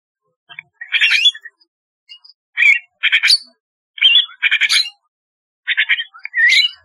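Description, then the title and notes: Starling song in harsh, chattering bursts of squawky notes, several short phrases separated by brief pauses. "Kicau Burung Jalak"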